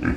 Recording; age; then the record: pig call; growing-finishing pig (85 days or more)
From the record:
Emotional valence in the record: negative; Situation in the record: barren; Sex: female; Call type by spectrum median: low-frequency call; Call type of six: low-frequency stable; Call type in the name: low-frequency stable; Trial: 1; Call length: 0.17 s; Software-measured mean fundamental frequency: 45 Hz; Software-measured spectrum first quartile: 201 Hz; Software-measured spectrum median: 367 Hz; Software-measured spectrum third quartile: 1426 Hz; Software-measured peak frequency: 259 Hz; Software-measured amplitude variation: 213 dB a second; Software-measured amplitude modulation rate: 20.4 a second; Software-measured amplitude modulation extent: 10.5 dB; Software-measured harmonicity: -0.7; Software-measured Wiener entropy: -2.14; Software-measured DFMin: 1442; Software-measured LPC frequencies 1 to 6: 285, 1578, 2413, 3851, 4727, 5563 Hz